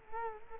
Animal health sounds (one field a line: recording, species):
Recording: mosquito wingbeat signal from an infrared sensor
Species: Culex quinquefasciatus